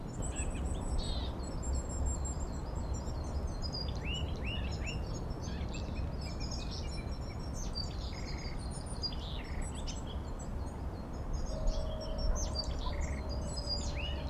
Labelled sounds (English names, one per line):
Willow Tit